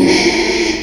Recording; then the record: squeal of a Yucatan mini pig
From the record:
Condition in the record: after surgery on the right vocal fold (resection and tissue-engineered implant); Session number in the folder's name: 2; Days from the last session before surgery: 13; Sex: male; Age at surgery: 12 weeks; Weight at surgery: 13 kg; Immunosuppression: cyclosporine, prednisolone